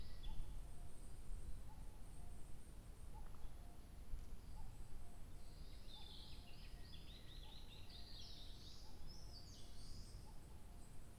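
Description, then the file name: Bird song: soft, level whistled notes repeated throughout, joined in the second half by a fast, high, chattering phrase. 2 July 2023. "birdsong 20230702"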